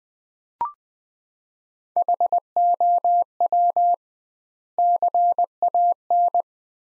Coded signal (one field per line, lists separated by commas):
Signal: Morse code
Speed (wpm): 21 wpm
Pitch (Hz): 700 Hz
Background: none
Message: HOW CAN